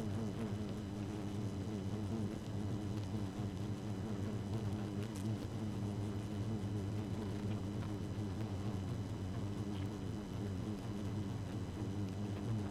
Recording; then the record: honeybee colony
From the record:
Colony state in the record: active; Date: 12 June 2018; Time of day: 0:15